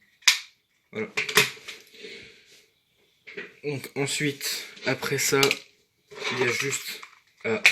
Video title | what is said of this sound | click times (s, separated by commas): comment améliorer son pistolet à billes !! | vous avez juste elle m et dès que vous entendez le petit clip c'est que c'est bon | 0.3 s